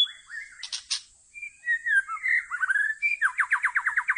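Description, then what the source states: White-rumped shama song, a varied phrase of whistles and sharp notes ending in a fast, evenly repeated series of clipped notes, with steady hiss behind. Lure (pikat) song for attracting birds.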